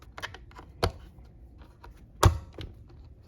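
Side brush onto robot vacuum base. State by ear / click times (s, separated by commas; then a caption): seated / 2.2 s. A plastic side brush is pushed onto its mount on the underside of a robot vacuum, with light plastic taps and rattles before a sharp, loud click at 2.2 s. The click shows the brush has seated in place.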